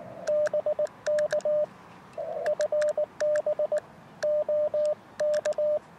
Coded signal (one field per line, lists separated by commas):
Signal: Morse code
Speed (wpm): 18 wpm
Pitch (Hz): 600 Hz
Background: radio noise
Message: BK FB OK